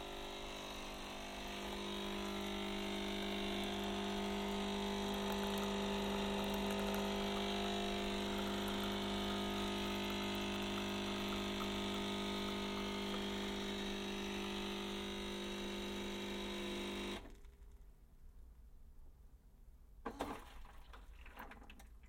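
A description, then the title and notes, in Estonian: Coffee being made: a loud, steady motor whir with a strong low hum runs without a break for about seventeen seconds, then cuts off abruptly. Near-quiet follows, broken by a brief clatter around the twentieth second. Kohvi Tegemine.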